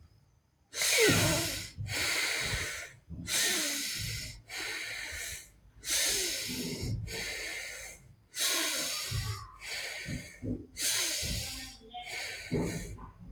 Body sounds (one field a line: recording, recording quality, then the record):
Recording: deep breathing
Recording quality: excellent, no background noise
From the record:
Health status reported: healthy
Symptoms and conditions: none ticked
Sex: male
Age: 39 years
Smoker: not ticked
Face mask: not worn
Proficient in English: yes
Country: India